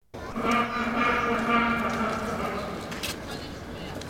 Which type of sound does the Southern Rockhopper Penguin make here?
call